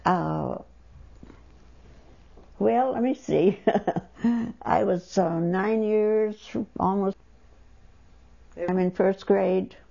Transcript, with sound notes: Uh, well, let me see. ( she laughs ) I was nine years, almost ten, and I'm in first grade.